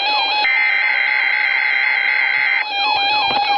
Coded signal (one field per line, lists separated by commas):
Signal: Emergency Alert System (SAME) tones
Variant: header bursts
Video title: EAS Wind Warning taken on a 2004 Camera! (EAS #1515)